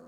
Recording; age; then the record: pig call; piglet (1 to 25 days)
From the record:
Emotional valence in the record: negative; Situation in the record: long isolation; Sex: female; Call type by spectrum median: low-frequency call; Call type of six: low-frequency tonal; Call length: 0.08 s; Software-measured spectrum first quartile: 260 Hz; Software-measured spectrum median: 462 Hz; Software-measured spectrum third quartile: 681 Hz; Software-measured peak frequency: 511 Hz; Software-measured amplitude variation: 17 dB a second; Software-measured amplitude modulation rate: 6.2 a second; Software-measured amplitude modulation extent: 2.7 dB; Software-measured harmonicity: 3.6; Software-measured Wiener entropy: 0.11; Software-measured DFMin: 873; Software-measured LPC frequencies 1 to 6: 480, 1163, 4402, 5219, 6657, 7634 Hz